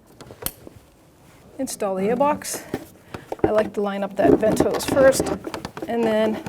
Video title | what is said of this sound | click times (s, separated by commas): How to Replace Throttle Position Sensor 1997-2006 Jeep Wrangler 2.4L L4 | it on till it clicks then push that red lock tab | 0.5 s